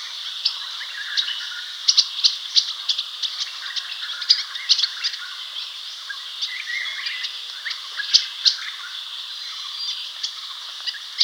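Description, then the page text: Striated yuhina calls: rapid high-pitched chips and brief trills, loosely clustered, over a faint hissing background throughout. "Striated Yuhina Calls. Quick Sounds"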